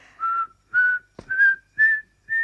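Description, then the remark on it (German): A person whistles five short, clear notes in a steady rhythm, each tone holding a fairly high pitch with slight rises, broken once by a brief sharp click between notes. “Pfeif nicht!”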